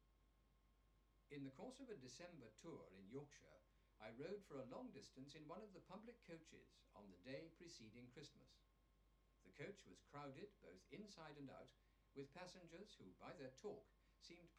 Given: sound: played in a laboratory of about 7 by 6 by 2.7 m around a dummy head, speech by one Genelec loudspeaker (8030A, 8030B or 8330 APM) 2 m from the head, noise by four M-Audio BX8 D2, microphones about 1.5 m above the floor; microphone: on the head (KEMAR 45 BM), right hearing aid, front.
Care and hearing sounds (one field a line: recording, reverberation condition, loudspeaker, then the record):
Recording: male speech in English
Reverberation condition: low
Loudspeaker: in front (0 degrees)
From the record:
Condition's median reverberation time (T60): about 310 ms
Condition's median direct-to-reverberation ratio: about 3.5 dB